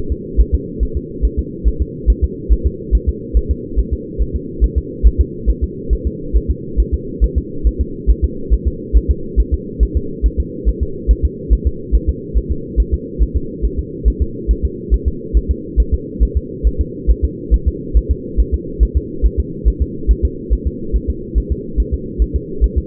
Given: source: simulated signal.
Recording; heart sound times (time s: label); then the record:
fetal heart sounds
0.12 s: S2
0.40 s: S1
0.54 s: S2
0.83 s: S1
0.97 s: S2
1.25 s: S1
1.39 s: S2
1.68 s: S1
1.82 s: S2
2.10 s: S1
2.24 s: S2
2.52 s: S1
2.66 s: S2
2.95 s: S1
3.09 s: S2
3.37 s: S1
3.51 s: S2
3.79 s: S1
3.93 s: S2
4.22 s: S1
4.36 s: S2
4.64 s: S1
4.78 s: S2
5.06 s: S1
5.21 s: S2
5.50 s: S1
5.64 s: S2
5.93 s: S1
6.07 s: S2
6.36 s: S1
6.51 s: S2
6.80 s: S1
6.94 s: S2
7.24 s: S1
7.38 s: S2
7.67 s: S1
7.81 s: S2
8.10 s: S1
8.25 s: S2
8.53 s: S1
8.68 s: S2
8.97 s: S1
9.11 s: S2
9.40 s: S1
9.54 s: S2
9.83 s: S1
9.97 s: S2
10.26 s: S1
10.40 s: S2
10.69 s: S1
10.83 s: S2
11.11 s: S1
11.25 s: S2
11.53 s: S1
11.67 s: S2
11.95 s: S1
12.09 s: S2
12.37 s: S1
12.51 s: S2
12.80 s: S1
12.94 s: S2
13.22 s: S1
13.36 s: S2
13.65 s: S1
13.79 s: S2
14.08 s: S1
14.22 s: S2
14.51 s: S1
14.65 s: S2
14.94 s: S1
15.08 s: S2
15.37 s: S1
15.51 s: S2
15.80 s: S1
15.94 s: S2
16.23 s: S1
16.37 s: S2
16.67 s: S1
16.81 s: S2
17.10 s: S1
17.25 s: S2
17.54 s: S1
17.68 s: S2
17.97 s: S1
18.11 s: S2
18.40 s: S1
18.54 s: S2
18.83 s: S1
18.97 s: S2
19.26 s: S1
19.40 s: S2
19.68 s: S1
19.82 s: S2
20.11 s: S1
20.25 s: S2
20.53 s: S1
20.67 s: S2
20.96 s: S1
21.10 s: S2
21.38 s: S1
21.52 s: S2
21.80 s: S1
21.94 s: S2
22.22 s: S1
22.36 s: S2
22.64 s: S1
22.78 s: S2
From the record:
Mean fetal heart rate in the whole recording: 140 bpm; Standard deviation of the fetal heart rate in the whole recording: 2 bpm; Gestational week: 34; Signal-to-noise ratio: -4.3 dB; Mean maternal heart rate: 72 bpm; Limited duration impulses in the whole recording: absent